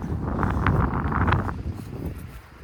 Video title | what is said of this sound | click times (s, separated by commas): THIS Fifth Wheel Has the BEST Front Living Room Floorplan I've EVER SEEN! 2025 Salem Hemisphere 36FL | Then it locks in place right there, so it's not going anywhere. | 0.7 s